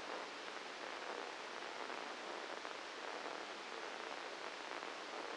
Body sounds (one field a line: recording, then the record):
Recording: brain microelectrode recording played as sound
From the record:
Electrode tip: outside the subthalamic nucleus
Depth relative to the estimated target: 5 mm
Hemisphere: left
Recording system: NeuroSet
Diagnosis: Parkinson's disease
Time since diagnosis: 9 years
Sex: male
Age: 56 years